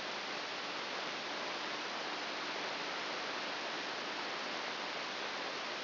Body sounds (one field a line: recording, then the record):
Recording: brain microelectrode recording played as sound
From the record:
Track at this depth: inside the subthalamic nucleus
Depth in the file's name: 4.202 mm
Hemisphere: right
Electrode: 2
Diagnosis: Parkinson's disease